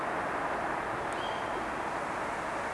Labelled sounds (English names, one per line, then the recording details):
Tawny Owl
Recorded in Germany
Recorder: ecoPi